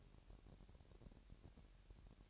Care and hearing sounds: daily activity, microphone in the room; take from stove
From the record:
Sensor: 2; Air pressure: 1011.9 hPa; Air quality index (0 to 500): 190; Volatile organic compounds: 3 ppm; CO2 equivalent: 1349 ppm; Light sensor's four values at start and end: 70/166/68/64 and 70/166/68/64

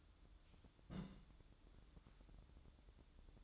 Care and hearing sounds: daily activity, microphone in the room; place on stove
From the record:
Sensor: 3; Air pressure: 1008.1 hPa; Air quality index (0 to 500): 131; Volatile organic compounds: 2 ppm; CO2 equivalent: 1088 ppm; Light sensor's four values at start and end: 8/20/8/7 and 8/20/8/7

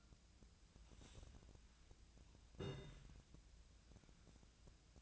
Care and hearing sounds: daily activity, microphone in the room; take from stove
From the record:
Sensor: 2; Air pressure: 1009.8 hPa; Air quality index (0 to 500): 180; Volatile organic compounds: 10 ppm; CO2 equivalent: 2242 ppm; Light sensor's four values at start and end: 32/78/33/37 and 32/78/33/37

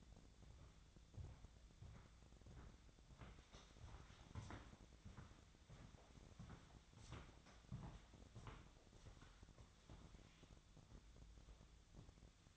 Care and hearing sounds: daily activity, microphone in the room; walk to room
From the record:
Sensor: 3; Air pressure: 1000.0 hPa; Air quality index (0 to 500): 122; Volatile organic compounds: 2 ppm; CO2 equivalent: 1099 ppm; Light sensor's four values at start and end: 43/106/47/52 and 43/105/46/51

